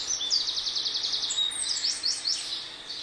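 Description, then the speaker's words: Eurasian wren singing loudly, a fast stream of high, sharp trills and rattling notes that runs without pause throughout over faint background hiss. Voice message recorded on a phone that morning and played back; the wren sings loudly and sits closest to the phone. "Aber hier hört man jetzt ganz laut den Zaunkönig singen."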